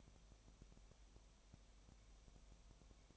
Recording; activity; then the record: daily activity, microphone in the room; no activity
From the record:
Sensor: 1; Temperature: 19.7 degrees Celsius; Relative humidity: 37.1%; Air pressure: 1007.3 hPa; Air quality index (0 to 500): 144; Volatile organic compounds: 5 ppm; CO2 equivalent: 1763 ppm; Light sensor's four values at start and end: 1/2/1/1 and 1/2/1/1